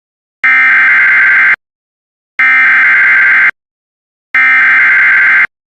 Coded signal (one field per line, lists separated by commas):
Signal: Emergency Alert System (SAME) tones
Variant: header bursts